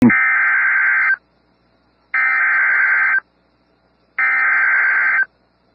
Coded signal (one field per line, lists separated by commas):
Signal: Emergency Alert System (SAME) tones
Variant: header bursts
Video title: Severe Thunderstorm Warning (TX and OK) (4/24/25) [EAS #145]